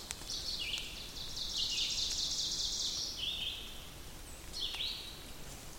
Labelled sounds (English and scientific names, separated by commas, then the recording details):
Ovenbird (Seiurus aurocapilla) song
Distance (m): 60 m
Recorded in boreal forest in Alberta, Canada, on 2 June 2016 at 08:26
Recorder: SongMeter 3, array SBT-3-7
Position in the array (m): 192 m, 0 m
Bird 6